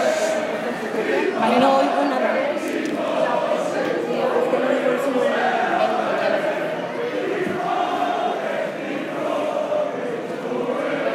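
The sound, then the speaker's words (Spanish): A dense, steady crowd murmur at the 2018 festivities in Tarazona, at the start of the Cipotegato, many overlapping voices chattering at once with occasional louder calls rising above the continuous, fairly loud babble. “Como decimos, un recorrido, lo vamos a hablar posteriormente, para compartir este sonido en directo de las fiestas de Tarazona.”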